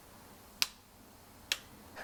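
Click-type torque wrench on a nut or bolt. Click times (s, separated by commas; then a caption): 0.6 s. A spring-type click torque wrench on a nut or bolt is pulled around until it reaches its set torque and gives a sharp, bright click at 0.6 s. A second similar click follows at 1.5 s over a quiet, low background hum, and the wrench clicks at its setting.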